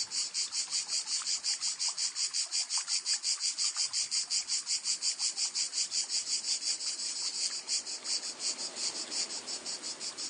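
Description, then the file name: Cicada song: continuous high, harsh buzz broken into fast regular pulses, steady throughout. "chant cigale"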